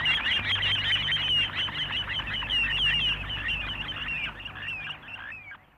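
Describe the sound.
Little ringed plover: high, rapid, slurred piping notes crowd together in a fast chattering run, then slow and thin out to single calls at the end.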